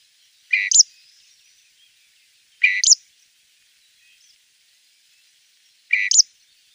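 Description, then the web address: Southern Grey Shrike song: short double phrases, each ending in a higher squeak, given three times about two to three and a half seconds apart in a quiet background. "Schulze Peter Southern Grey Shrike song"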